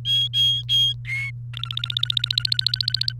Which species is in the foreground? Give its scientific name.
Serinus canaria